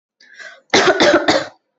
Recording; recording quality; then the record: shallow voluntary cough; excellent, no background noise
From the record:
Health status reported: exposed to COVID-19, no respiratory illness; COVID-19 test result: not tested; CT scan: not taken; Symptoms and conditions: cold, fatigue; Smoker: no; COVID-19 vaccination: one dose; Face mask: not worn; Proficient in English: yes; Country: India